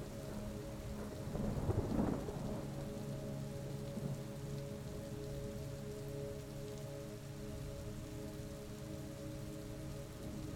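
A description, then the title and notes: Steady rain hisses under a thunder rumble that swells around two seconds, while soft sustained music notes hold low beneath throughout. The natural sounds of a rejuvenating storm blend with soft and soothing melodies. The Sound of the STORM and Peaceful MUSIC.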